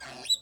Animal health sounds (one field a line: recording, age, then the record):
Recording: pig call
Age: piglet (1 to 25 days)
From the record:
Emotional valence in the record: negative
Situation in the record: restrain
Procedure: sham castration, cut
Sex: male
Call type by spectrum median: high-frequency call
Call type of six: mixed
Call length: 0.42 s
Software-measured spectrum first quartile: 3807 Hz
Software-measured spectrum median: 4190 Hz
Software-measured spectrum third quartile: 7704 Hz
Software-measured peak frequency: 3939 Hz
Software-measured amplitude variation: 174 dB a second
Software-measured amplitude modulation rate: 18.0 a second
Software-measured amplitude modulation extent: 9.7 dB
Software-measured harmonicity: 24.6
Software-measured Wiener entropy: -2.93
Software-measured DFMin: 733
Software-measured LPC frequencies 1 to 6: 736, 1635, 2591, 3932, 4791, 5589 Hz